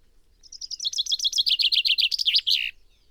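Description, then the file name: Common chaffinch singing one full phrase, a rapid series of sharp notes running downward in steps and closing with an emphatic terminal flourish. "Fringilla coelebs"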